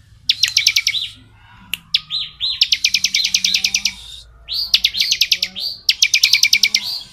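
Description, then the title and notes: Bar-winged prinia singing phrases of fast, evenly spaced sharp notes separated by short pauses. Song used as training audio for oriental magpie-robins; described as ngebren style. "Ciblek Ngebren Untuk Masteran Murai Batu. Suara Nada"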